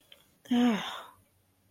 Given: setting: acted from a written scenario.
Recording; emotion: vocal sound without words; disgust